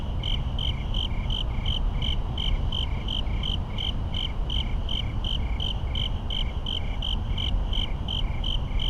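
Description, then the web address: Cricket chorus with even, rapid chirps repeating several times a second, layered over continuous low-pitched traffic noise. Crickets on a suburban night with rapid traffic echoes. "boom library Urban and Suburban. Suburban night crickets rapid traffic echoes"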